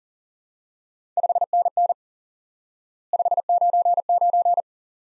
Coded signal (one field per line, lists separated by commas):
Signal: Morse code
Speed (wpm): 40 wpm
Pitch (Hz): 700 Hz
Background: none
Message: 5NN 599